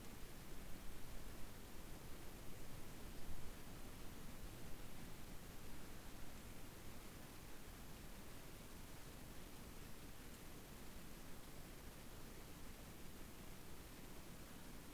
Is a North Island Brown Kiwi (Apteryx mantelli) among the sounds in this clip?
no